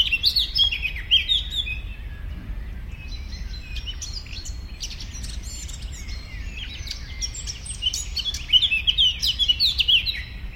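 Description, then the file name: Eurasian blackcap song: bright varied warbled phrases at the start and again near the end, with quieter notes in between, over steady low background noise. "Sylvia atricapilla"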